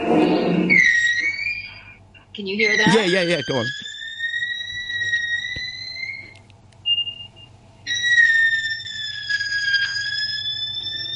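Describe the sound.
A very small balloon, squeaked as balloon music from a CD, gives out long, high, reedy notes like a double reed instrument, with sliding pitch bends between steady held tones, after brief speech at the start.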